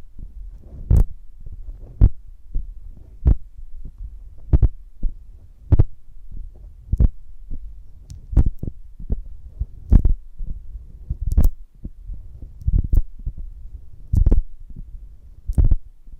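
Sharp taps and cracks on a honeycomb on a branch, each with a dull low thump beneath it. They come about once or twice a second at an uneven pace, some noticeably louder and crisper, with a faint low rustle filling the gaps.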